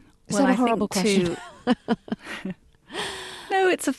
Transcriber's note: soundbite of laughter